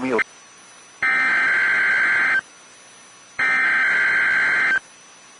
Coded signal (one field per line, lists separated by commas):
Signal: Emergency Alert System (SAME) tones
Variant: header bursts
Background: speech